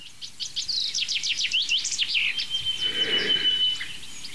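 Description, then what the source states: Common chaffinch song: a rapid series of bright chirps ending in a short flourish, followed by a thin steady whistle. Same phrase repeated each time with a small flourish at the end; one of the most common breeding birds in Central Europe.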